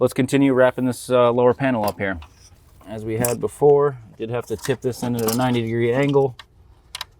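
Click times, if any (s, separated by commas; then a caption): 7.0 s. Someone talks while refitting the lower dash trim panel on a 2018–2025 BMW G01 X3 / G02 X4 after a cabin air filter replacement, with the panel tipped in at a 90° angle. After the talking stops, the wiring connector on the panel is pushed in first and gives a short, sharp click at about 7.0 seconds as it seats fully.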